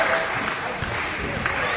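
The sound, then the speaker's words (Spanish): A basketball crowd at an Oviedo vs Lleida game claps steadily for player Fran Cárdenas after he misses the first of his free throws, a dense, even patter of many hands that holds at a moderate level for the whole moment, with a few faint sharp pings over it. “Aplaude el público a Cárdenas, que a veces lo pasa muy mal con los tiros libres, Fran Cárdenas.”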